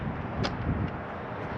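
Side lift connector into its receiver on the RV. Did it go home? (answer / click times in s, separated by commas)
yes / 0.5 s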